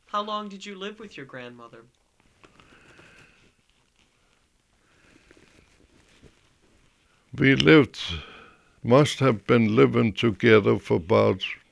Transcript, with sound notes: How long did you live with your grandmother?
( he pauses ) We lived, we must have been living together for about